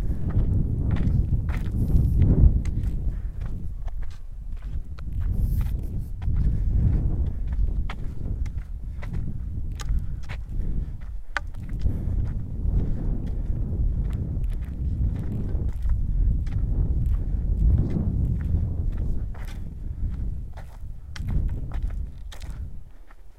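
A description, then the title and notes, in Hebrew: A daily walk in the forest, heard as a steady low rumble with frequent short, sharp crunches and clicks scattered throughout, like footsteps on dry ground. The pace is irregular but never stops, and the level stays fairly even, easing slightly near the end. טיול יומי ביער.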